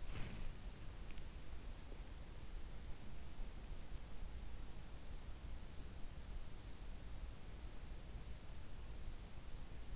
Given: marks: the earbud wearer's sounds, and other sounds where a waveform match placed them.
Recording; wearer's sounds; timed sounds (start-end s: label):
sounds in sleep by an in-ear microphone; body movement
0.00-0.70 s: body movement